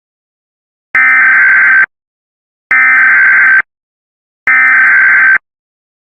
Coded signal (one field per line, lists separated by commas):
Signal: Emergency Alert System (SAME) tones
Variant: header bursts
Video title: Gigan (A EAS Long Scenario)